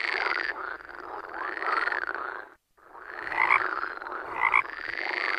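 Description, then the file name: Frog chorus of layered croaking notes, interrupted by a short silence, then resuming with a few louder, sharper calls standing out. "Grenouille cri"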